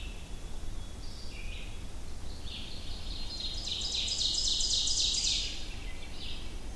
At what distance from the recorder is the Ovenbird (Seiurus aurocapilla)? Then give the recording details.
about 35 m. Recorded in boreal forest in Alberta, Canada, on 25 June 2016 at 06:51. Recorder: SongMeter 3, array SBT-6-76. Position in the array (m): 25 m, 110 m. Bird 2